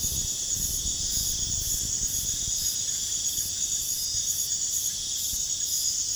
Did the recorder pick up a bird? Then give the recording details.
no. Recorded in pastures near Puerto Asís, Putumayo, Colombia, on 29 June 2025 at 03:00. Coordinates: 0.466, -76.322. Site GP07